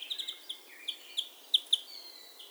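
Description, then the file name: European greenfinch calls, a loose series of short bright chips and twitters at irregular intervals, with one faint thin drawn-out note near the end. "Chloris chloris"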